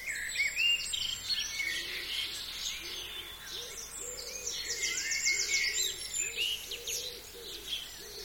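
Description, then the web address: Birds in a busy chorus of varied high chirps and twitters, with soft low cooing notes repeating steadily underneath. Countryside. "Tom Hutchings Birds Country"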